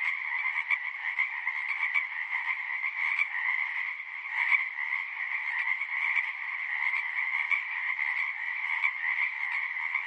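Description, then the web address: Marsh frog chorus, a steady wall of overlapping cackling croaks. Several marsh frogs. "Partners In Rhyme Marsh Frogs"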